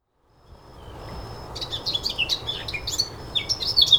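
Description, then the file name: Eurasian blackcap giving a quick, varied warble of short squeaky and fluty notes, rising in loudness, against a constant low hiss and rumble. "Sylvia atricapilla"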